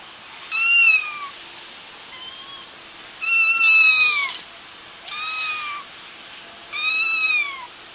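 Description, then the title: Domestic cat giving a series of several meows, some rising then falling, with a faint steady hum behind. The recordist's own cat. "kucingku"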